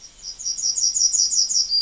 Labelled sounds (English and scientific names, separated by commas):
Yellowhammer (Emberiza citrinella) song